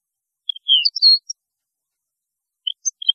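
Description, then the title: European goldfinch giving a few short, clear twittering notes and a brief slurred whistle, then a pause and another small cluster of chirps. "Chant Chardonneret"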